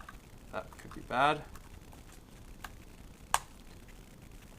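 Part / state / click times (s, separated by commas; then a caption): rechargeable battery into action camera battery compartment / seated / 3.3 s. A rechargeable battery is pushed into the battery compartment of a GoPro Hero 5 Black action camera after its orientation is checked, while someone talks briefly. A sharp, loud click at 3.3 seconds marks the battery snapping into place and seating.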